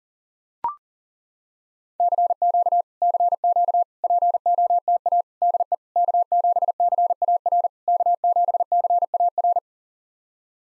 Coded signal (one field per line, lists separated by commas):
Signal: Morse code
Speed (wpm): 40 wpm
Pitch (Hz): 700 Hz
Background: none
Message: CQ CQ POTA DE K7CAR K7CAR